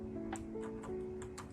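The fed-through clutch cable end is being worked into a new shorty clutch lever on a Kawasaki Vulcan S 650. Short, sharp ticks of handling come at about 0.4, 1.2 and 1.4 s over a steady tonal background. The cable end has not popped into place yet; nothing has seated.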